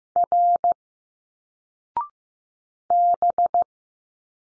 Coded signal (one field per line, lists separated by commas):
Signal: Morse code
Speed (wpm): 15 wpm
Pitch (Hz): 700 Hz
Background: none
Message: R B